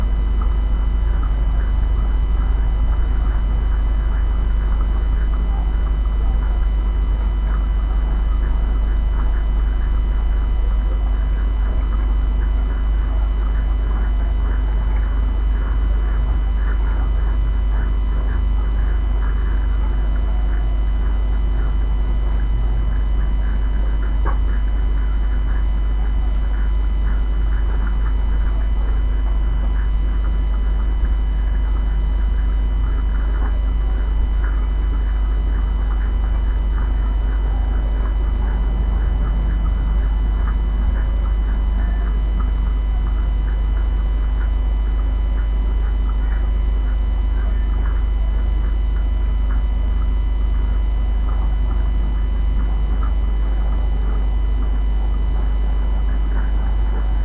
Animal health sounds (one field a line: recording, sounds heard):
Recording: poultry house recording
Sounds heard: sick chickens (respiratory disease)